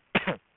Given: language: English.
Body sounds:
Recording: throat vibration sensor signal played as sound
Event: cough

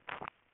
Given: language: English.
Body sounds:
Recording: throat vibration sensor signal played as sound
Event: swallow

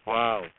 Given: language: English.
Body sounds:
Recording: throat vibration sensor signal played as sound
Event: speech

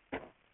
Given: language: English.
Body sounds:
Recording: throat vibration sensor signal played as sound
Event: cough

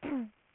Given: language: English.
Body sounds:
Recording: throat vibration sensor signal played as sound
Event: throat clearing

